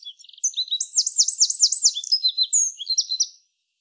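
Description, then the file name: Eurasian wren song, a loud rapid outpouring of very high, sharp notes and a fast rattling trill, lasting about three seconds in quiet surroundings. "Troglodytes troglodytes"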